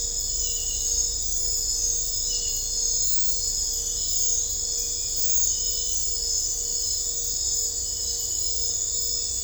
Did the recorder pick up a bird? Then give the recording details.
no. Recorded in dense forest near Puerto Asís, Putumayo, Colombia, on 21 December 2024 at 00:30. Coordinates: 0.500, -76.322. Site G053